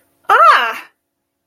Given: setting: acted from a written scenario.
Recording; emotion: vocal sound without words; negative surprise